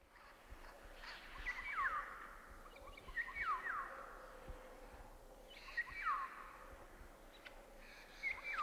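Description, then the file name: Eurasian jay giving four descending calls at irregular intervals, against constant low background noise. "Garrulus glandarius"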